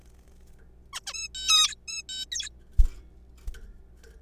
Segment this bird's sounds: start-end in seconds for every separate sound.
0.93-1.00, 1.07-1.14, 1.14-1.28, 1.35-1.75, 1.88-2.02, 2.09-2.25, 2.32-2.49